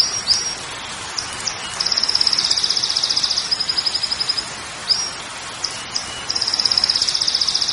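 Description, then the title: Belgian canary song: a few sharp chips, then two rapid rolling trills of a couple of seconds each, separated by a pause with more chips, over a continuous hiss. Belgian canary song for warming up a canary; canary sound in the wild. "Canto Para Esquentar Canário Belga. SUARA KENARI DI ALAM LIAR"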